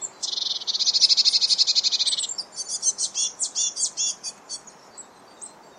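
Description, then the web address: Eurasian blue tit call: a dense buzzy churr lasting about two seconds, then a quick series of high notes that fade out. "Deverinetal 2025 File origin Bird Only Cy Ca"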